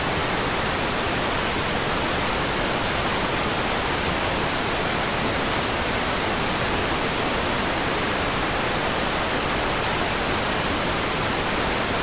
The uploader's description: The gentle and constant sound of white noise static